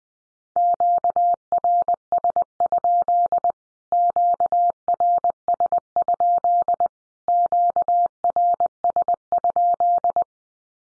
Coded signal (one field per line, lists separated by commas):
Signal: Morse code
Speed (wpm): 20 wpm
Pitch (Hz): 700 Hz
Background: none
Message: QRS? QRS? QRS?